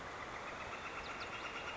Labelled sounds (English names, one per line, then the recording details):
Northern Flicker
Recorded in Sonoma County, California